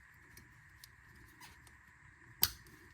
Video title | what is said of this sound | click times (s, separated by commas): Chevy Impala & Monte Carlo Front Wheel Bearing Hub Assembly Replacement How-To | Make sure you hear it click and it goes over that little tab there. | 2.4 s